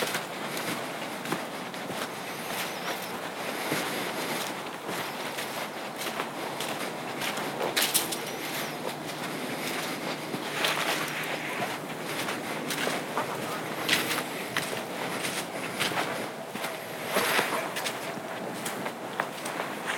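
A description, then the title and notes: A night hike on the Appleton Trail: a steady, dense rustle fills the whole stretch, with crunching steps and scuffs breaking through irregularly. Brighter, louder bursts stand out near eight, eleven, fourteen and seventeen seconds, and there is almost no low rumble underneath. A Night Hike on Appleton Trail. A pitch-black night hike on the Appleton Trail.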